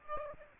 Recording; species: mosquito wingbeat signal from an infrared sensor; Aedes aegypti